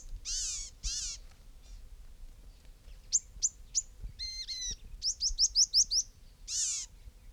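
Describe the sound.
Gnatcatcher calls: thin, high, clipped notes, first singly and then in a rapid run, along with harsher, nasal calls.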